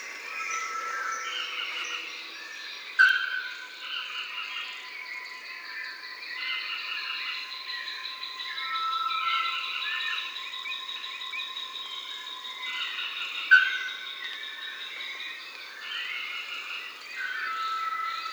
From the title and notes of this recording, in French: A l'aube dans une forêt côtière (Brésil) by SolWind.